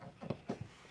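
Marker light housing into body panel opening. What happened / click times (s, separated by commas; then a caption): The marker light snapped into place / 0.3 s. A plastic marker light housing is inserted front-first into a body panel opening and pushed forward until its clip snaps into the body, with a short sharp click at 0.3 s. Two softer knocks follow around 0.5 and 0.6 s, and the light is confirmed seated.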